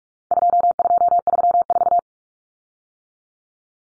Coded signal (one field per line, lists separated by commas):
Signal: Morse code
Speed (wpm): 44 wpm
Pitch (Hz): 700 Hz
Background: none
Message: 2234